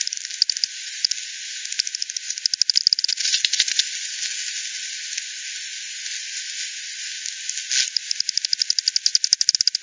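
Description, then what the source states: Bat clicks come in bursts: a dense run early, quieter ticks in the middle, then a fast regular train at the end, over constant hiss. Multiple bats at Hogsmill River, Hogsmill Lane, 7 October 2020, 18:10; recording FD10-processed, band-pass filtered and resampled.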